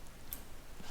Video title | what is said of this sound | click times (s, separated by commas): How to Make a DIY Kayak Leash - Paddle - Pliers - Rods | pull as tight as you can you hear a couple clicks | 0.3 s